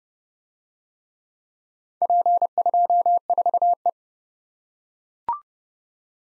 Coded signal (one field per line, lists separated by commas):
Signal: Morse code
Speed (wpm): 29 wpm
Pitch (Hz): 700 Hz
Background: none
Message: P24E